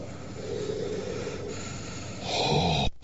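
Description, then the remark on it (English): Heavy, gasping breaths of oxygen drawn through a hissing airflow, rising to a louder, rasping rush of air before cutting off abruptly. No one speaks. “Oh, I never thought breathing could be so enjoyable.”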